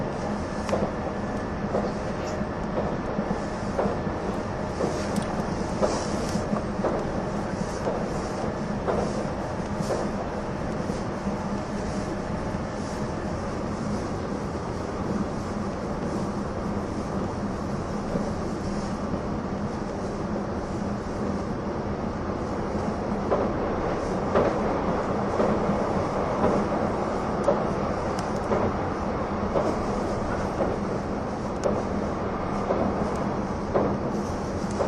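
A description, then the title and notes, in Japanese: An express train in motion, heard as a steady, dense rumble with a low hum running throughout. Faint clicks from the rails recur every second or so, and a whining tone rises slightly and grows fuller around the 24-second mark. E261系 S踊り子01号02 熱海～伊豆急下田。伊豆への新たなフラッグシップトレインとなる、E261系S踊り子01号を収録したものです。走行音。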